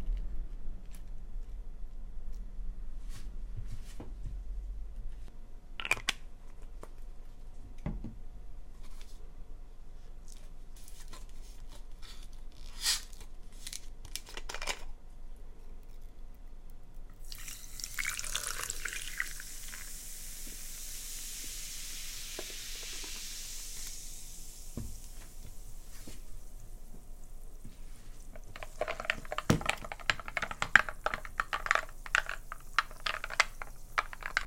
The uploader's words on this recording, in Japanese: 調理音のみ。短い調理音です。